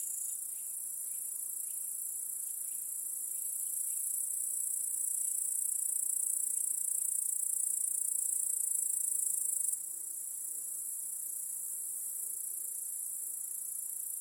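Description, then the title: Crickets in a dense, steady high-pitched chorus, a continuous shrill trill that swells slightly near the middle, then drops in loudness; faint soft ticking notes early on. Crickets chorusing in a backyard at night. "Crickets in Your Backyard 🏡. Discovering the Sounds of Home"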